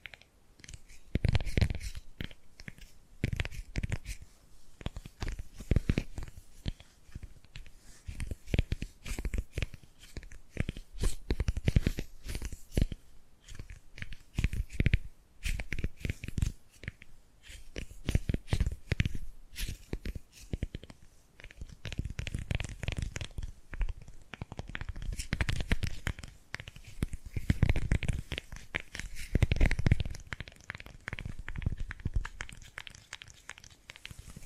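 Tapping and gripping sounds come as dense, irregular clicks and short knocks throughout, with bursts of quick taps mixed with slower rustling grips. Soft, low thumps swell now and then, especially around the middle and near the end, under a faint steady hiss.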